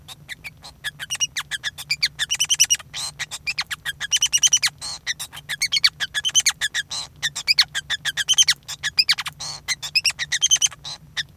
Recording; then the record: song of a male Bengalese finch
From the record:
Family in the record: son of father 5